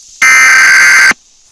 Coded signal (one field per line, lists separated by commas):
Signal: Emergency Alert System (SAME) tones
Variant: header bursts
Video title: EAS Scenario: Gacha Heat wave 1